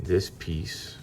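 A plastic piece on the second side of a Transformers Studio Series 75 Deluxe Class Jolt action figure is handled and rotated toward its matching vehicle panel during transformation, while someone talks. Nothing has seated or clicked yet; the clip ends just before the part snaps into place.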